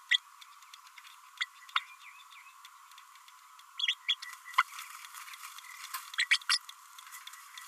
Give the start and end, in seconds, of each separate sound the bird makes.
0.11-0.18, 1.40-1.45, 1.76-1.80, 3.79-3.94, 4.08-4.15, 6.18-6.28, 6.31-6.38, 6.49-6.58